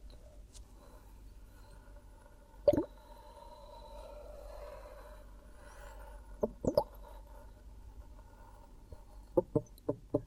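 Hypnotic triggers played around the head and ears: quiet soft tapping and plopping sounds over a low steady hum. A single sharp tap comes near three seconds, a small cluster around six to seven seconds, and a quick run of taps near the end.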